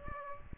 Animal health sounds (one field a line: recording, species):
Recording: mosquito wingbeat signal from an infrared sensor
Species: Aedes aegypti